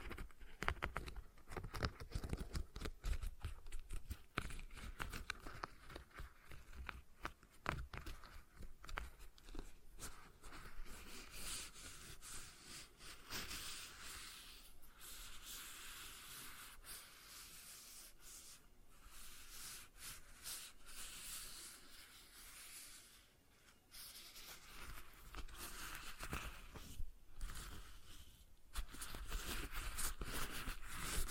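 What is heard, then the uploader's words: A stress ball is squeezed and rubbed over and over, giving a dense run of soft crackling, rubbery scratches. The handling is busiest and loudest in the first eight seconds and again near the end, easing into gentler, quieter squishing in between, with a brief lull around 23 seconds. ASMR Relaxing Stress Ball Sounds (No Talking).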